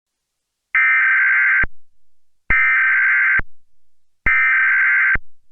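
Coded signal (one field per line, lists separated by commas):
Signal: Emergency Alert System (SAME) tones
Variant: header bursts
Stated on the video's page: Mock recreation of the 2020 National Periodic Test using valid EAS tones.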